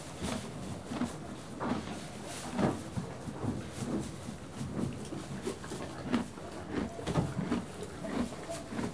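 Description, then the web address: Horse chewing hay, crunching bites with light rustling. One horse eating hay and moving. "BBC Sound Effects Library Horses One horse eating hay, and moving"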